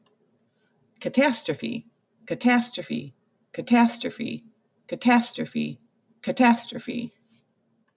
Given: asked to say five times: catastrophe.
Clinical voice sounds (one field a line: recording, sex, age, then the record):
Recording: repeated word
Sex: female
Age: 50 to 59 years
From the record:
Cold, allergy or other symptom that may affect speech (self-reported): no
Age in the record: 50 years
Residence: Illinois, United States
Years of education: 18